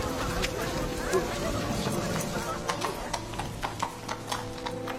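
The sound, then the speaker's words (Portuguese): Horse hooves clip-clop in the town of Karlstadt in a steady, uneven rhythm of sharp taps that grow more distinct in the second half, over a dense background murmur with indistinct voices. “Trato de seus cavalos por meio franco, senhor.”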